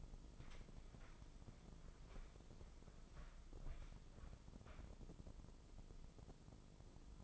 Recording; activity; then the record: daily activity, microphone in the room; walk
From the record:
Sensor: 5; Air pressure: 996.0 hPa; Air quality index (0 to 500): 249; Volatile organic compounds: 544 ppm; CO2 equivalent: 4876 ppm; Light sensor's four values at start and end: 207/496/211/232 and 206/495/210/232